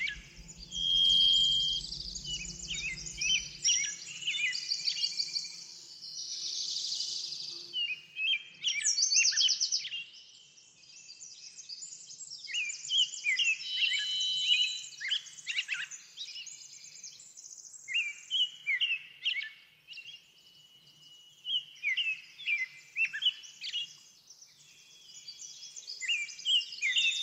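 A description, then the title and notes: Backyard birds chirp and sing continuously, with dense overlapping bright calls and quick trills throughout. A low hum sits underneath for the first few seconds, then fades, leaving a faint steady murmur beneath the busy, irregular bird chatter. Backyard Birds - Ambient Nature Bird Sounds.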